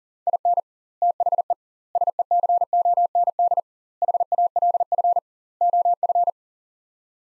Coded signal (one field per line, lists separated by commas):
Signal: Morse code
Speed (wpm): 40 wpm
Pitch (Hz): 700 Hz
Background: none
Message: IN THE SECOND HALF OF